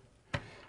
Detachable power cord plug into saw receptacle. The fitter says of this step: rotate the outer sleeve a full quarter turn until you feel it lock into place if the